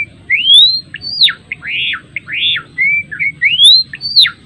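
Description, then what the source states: Java sparrow song: clear whistled notes that rise and dip in quick succession, some slurred upward, others sharply downslurred, running continuously for the whole phrase. Adult male, described as gacor, actively and freely singing.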